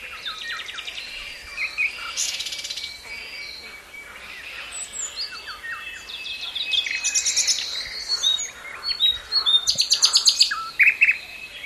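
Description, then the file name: Common nightingale song, dense and varied, with trilled bursts, thin sustained whistles and a rapid run of loud repeated notes near the end. "Luscinia megarhynchos"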